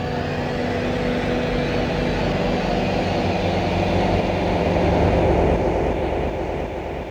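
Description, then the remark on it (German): A train rolls steadily along the tracks, a loud, continuous low rumble and roar with a faint hum running through it, holding even for several seconds before easing slightly at the end. “Die Leute stiegen mit ihren persönlichen Träumen in die Züge.”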